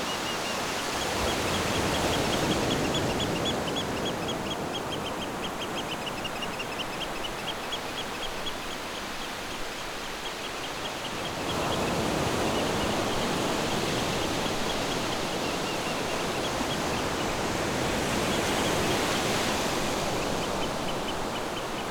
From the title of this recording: Beach and Birds